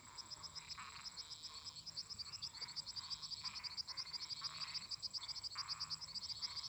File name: Grilos cigarras e sapos cantando a noite